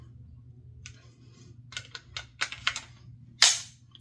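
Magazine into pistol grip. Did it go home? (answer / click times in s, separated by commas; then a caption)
yes / 3.4 s. An empty magazine is inserted into a pistol grip for draw practice. Over a low steady hum, several light clicks and rattles come from about 1.8 to 2.8 seconds, then a loud, sharp snap at 3.4 seconds as the magazine locks in. The magazine is seated.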